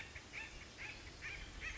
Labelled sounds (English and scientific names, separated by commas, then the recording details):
Acorn Woodpecker (Melanerpes formicivorus)
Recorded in Sonoma County, California